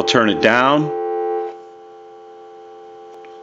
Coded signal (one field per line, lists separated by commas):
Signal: telephone call progress tone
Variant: North America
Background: speech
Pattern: dial tone